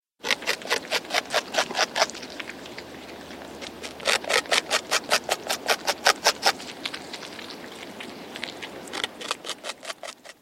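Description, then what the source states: Beaver chewing: rapid, rhythmic crunching bites, two or three a second, in bursts broken by short pauses. Beaver eating.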